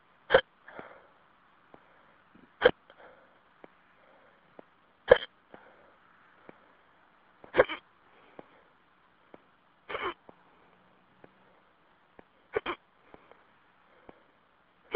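An adult hiccups over a telephone line: six sharp, abrupt hiccup sounds at a fairly steady pace, about one every two and a half seconds, roughly 24 a minute. Each is a brief gulping catch, with faint line hiss in the background. These are repeated hiccups (singultus).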